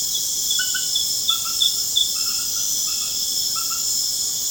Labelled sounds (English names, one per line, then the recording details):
none
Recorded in pastures near Puerto Asís, Putumayo, Colombia, on 29 June 2025 at 20:00
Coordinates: 0.496, -76.326
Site GP01